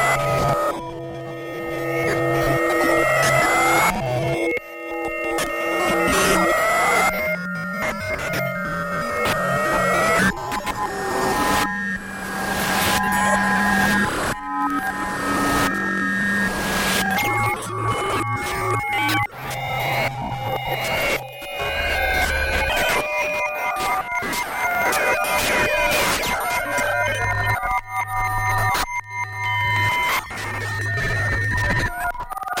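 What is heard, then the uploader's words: Layered sine tones wander in random steps, many pitches sounding at once and shifting every second or so, some sliding, others jumping. Low drones switch in blocks underneath while brief bright crackling bursts cut through. The dense, dissonant mix stays steady in loudness throughout. 16個のサイン波(Max/MSP 16 Sine Wave Random Walk.) クリックのたびに16個のモジュレートされたサイン波が動く.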